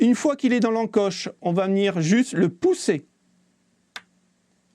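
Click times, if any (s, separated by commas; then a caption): 4.0 s. Someone talks while an M.2 SSD, turned the right way round and set into its notch on the motherboard M.2 slot, is pressed down with the thumb. After the talking stops, a single short, sharp click is heard at 4.0 seconds as the SSD seats and is connected.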